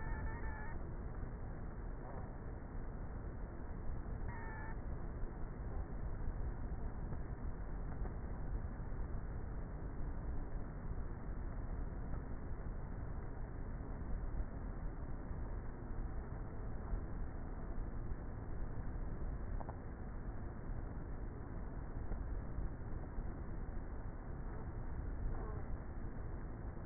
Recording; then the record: honeybee colony, microphone inside the hive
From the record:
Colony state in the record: queenless with a low population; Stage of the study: before two queens were removed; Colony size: about 30,000 bees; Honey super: no